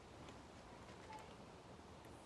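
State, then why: Not seated. Someone works the push-pull shaft of a washer timer, whose black spoke housing spins free, and the mechanism fails to click at all. Only a low, steady rumble with a few faint, soft ticks is heard. Nothing has seated or clicked yet.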